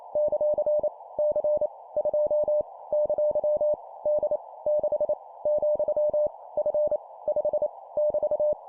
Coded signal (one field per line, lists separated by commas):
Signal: Morse code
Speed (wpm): 28 wpm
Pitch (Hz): 600 Hz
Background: none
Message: ; C 2 ! D 6 , F 5 <BT>